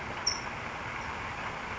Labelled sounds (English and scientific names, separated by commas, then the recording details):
California Towhee (Melozone crissalis)
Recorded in Sonoma County, California